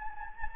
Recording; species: mosquito wingbeat signal from an infrared sensor; Anopheles gambiae